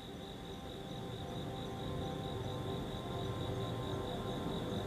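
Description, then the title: Crickets trilling in a steady, high, continuous band over a low rumbling background. Crickets outside at night. "Sounds of Crickets Outside"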